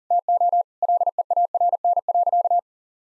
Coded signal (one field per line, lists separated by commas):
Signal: Morse code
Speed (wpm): 40 wpm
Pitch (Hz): 700 Hz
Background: none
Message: TO LEARN.